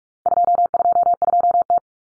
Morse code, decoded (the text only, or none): 222T